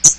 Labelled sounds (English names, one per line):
Hooded Warbler flight call